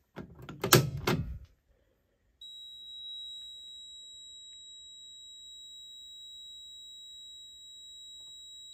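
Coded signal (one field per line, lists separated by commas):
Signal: alarm pattern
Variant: fire alarm panel pre-signal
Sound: a few clunks, then a steady high-pitched electronic tone lasting about six seconds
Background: room, door clunks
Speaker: this is programmed for pre- signal so that means the panel will beep for 15 seconds and then everything gets set off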